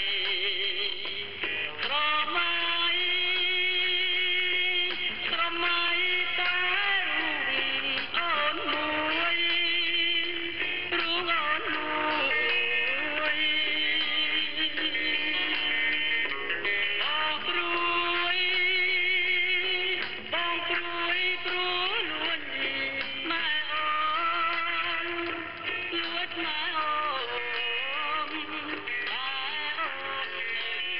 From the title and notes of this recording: Cambodia - music on shortwave radio. Music (male singing with electric guitar) heard on shortwave radio in Siem Reap, Cambodia.